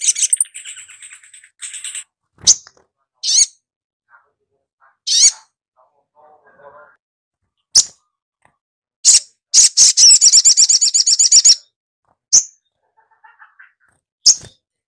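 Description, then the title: Little spiderhunter song: a thin high whine at the start, then sharp chips, a quick, high, rattling trill of even notes, and a few more chips. Masteran: training recording for songbirds, titled 'Labaik'. "Masteran Burung Sogok Ontong Labaik"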